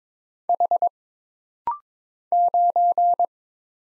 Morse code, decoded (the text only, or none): H 9